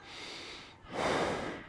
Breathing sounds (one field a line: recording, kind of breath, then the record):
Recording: one breath in and out by a microphone near the nose and mouth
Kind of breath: normal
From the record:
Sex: male